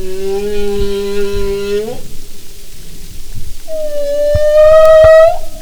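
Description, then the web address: Humpback whale tones: a long, steady low moan lasting two seconds, a pause, then a higher bright tonal cry rising slightly, with faint clicks. "Marine Mammals humpback"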